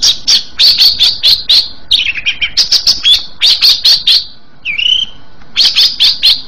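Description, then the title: Oriental magpie-robin song: quick bursts of sharp high chirps broken by a descending whistled slur and a short looping whistle, fairly steady rhythm. "Kacer"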